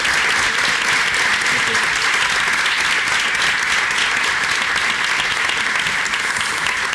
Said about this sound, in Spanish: las primeras ovaciones, los primeros aplausos de la tarde sean para los oyentes